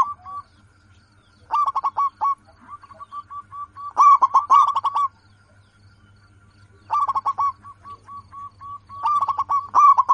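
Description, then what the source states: Zebra dove giving bouts of crisp, evenly spaced cooing notes that swell into loud stuttering bursts, separated by short quiet gaps; faint hum behind. Local zebra dove, a lively, in-form singer with a clear, crystal-like loud voice.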